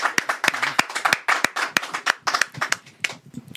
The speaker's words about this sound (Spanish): Un aplauso. Gracias.